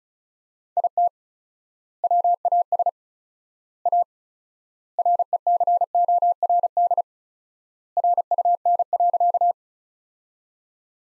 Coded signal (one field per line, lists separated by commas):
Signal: Morse code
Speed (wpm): 36 wpm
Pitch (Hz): 700 Hz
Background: none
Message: IT WAS A RECORD RUN.